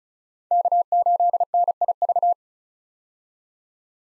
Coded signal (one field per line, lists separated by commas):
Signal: Morse code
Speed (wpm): 34 wpm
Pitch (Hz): 700 Hz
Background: none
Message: K8NIV